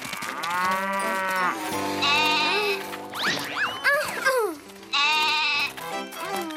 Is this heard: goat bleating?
yes